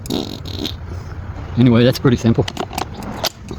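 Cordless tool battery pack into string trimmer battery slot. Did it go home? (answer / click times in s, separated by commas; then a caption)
yes / 3.3 s. A cordless tool battery pack slides back into the plastic battery slot of a string trimmer while someone talks, with scraping and clicking handling sounds throughout. A sharp click at 3.3 s marks the pack locking in place, and it is confirmed seated.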